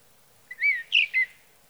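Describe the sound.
Sage thrasher song fragment: three smooth slurred whistled notes in quick succession, the middle one highest, with silence around them.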